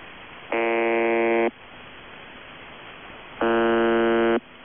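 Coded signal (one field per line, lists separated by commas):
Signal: channel marker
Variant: UVB-76, The Buzzer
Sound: two harsh one-second buzzes, roughly three seconds apart, over radio hiss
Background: radio static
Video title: [UVB-76, The Buzzer] Voice Message; 23. November 2020, 15:19 UTC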